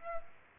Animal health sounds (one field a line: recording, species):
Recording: mosquito wingbeat signal from an infrared sensor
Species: Aedes aegypti